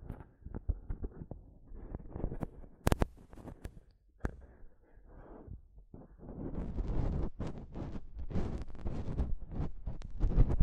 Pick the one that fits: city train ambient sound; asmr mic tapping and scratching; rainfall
asmr mic tapping and scratching